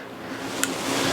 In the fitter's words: right and it doesn't move when I lock that well